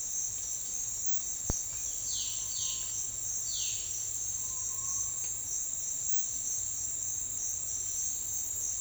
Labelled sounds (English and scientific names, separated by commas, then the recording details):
Violaceous Jay (Cyanocorax violaceus)
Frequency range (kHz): Violaceous Jay (Cyanocorax violaceus) 2.2-4.9 kHz
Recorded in secondary vegetation near Puerto Asís, Putumayo, Colombia, on 8 March 2025 at 09:30
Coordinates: 0.499, -76.323
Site G094